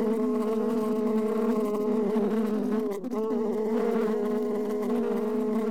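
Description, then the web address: Wasp buzzing steadily, a loud even drone with a brief dip and wobble in pitch near the middle. "osa odglosy"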